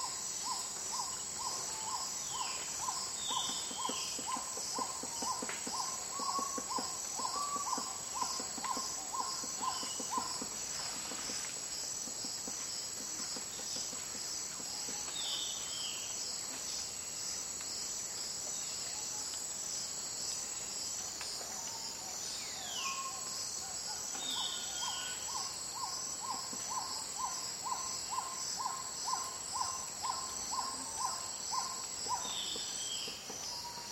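A rainforest at dawn, filled with a dense, steady shimmer of high insect buzzing that never lets up. A low bird repeats a quick hooting series in bursts around the start and again near the middle, while scattered whistles and chirps call.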